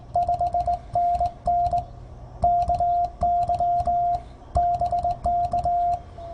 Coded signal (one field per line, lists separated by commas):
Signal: Morse code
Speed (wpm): 19 wpm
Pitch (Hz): 700 Hz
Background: none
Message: 5NN KY BK